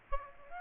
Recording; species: mosquito wingbeat signal from an infrared sensor; Aedes aegypti